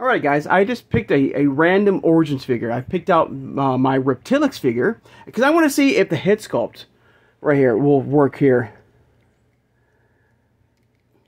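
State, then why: Not seated. A swapped plastic action-figure head sculpt is pressed onto another action figure's neck peg while someone talks. After the talking stops, only faint handling taps are heard, with no clear click; nothing has seated or clicked yet, and the head does not snap on.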